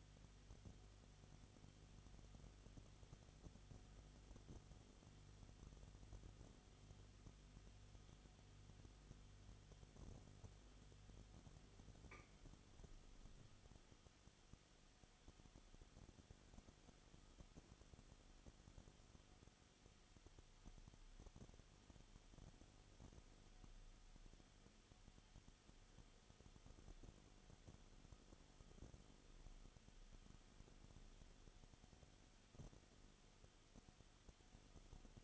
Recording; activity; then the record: daily activity, microphone in the room; no activity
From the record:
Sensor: 4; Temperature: 22.7 degrees Celsius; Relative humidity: 31.7%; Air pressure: 995.4 hPa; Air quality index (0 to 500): 158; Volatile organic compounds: 2 ppm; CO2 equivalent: 1253 ppm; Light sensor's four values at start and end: 2/3/1/1 and 2/3/1/1